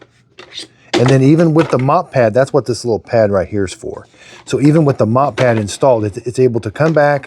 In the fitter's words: slide it on until it clicks.